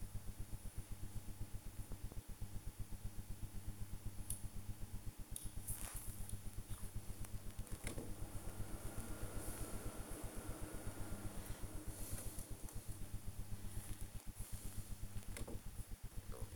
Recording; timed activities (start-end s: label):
household activities, microphone on the right wrist
0.00-16.56 s: working on the computer